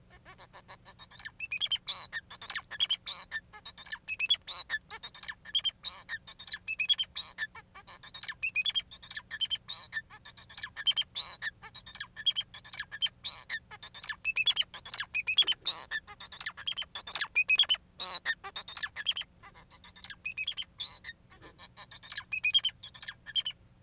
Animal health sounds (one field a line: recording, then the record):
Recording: song of a male Bengalese finch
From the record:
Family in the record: son of father 4